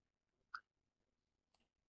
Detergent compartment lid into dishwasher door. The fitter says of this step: கக்ளோஸ் பண்ணீங்கன்னா lock sound கே்கம்.